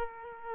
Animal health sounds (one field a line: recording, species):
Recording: mosquito wingbeat signal from an infrared sensor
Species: Aedes aegypti